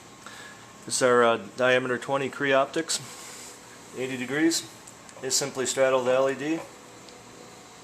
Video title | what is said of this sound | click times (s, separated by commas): LED Strip Kit Build | and they snap right in place very simple no adhesive required | 7.1 s